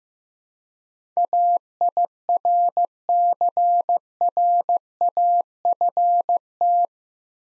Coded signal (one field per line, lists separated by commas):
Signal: Morse code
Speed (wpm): 16 wpm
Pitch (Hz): 700 Hz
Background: none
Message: AIRCRAFT